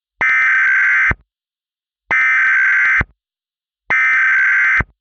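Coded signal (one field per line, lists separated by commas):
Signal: Emergency Alert System (SAME) tones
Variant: header bursts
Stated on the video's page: Fictional EAS scenario made with software, with text-to-speech voice from Balabolka and audio recorded in Audacity.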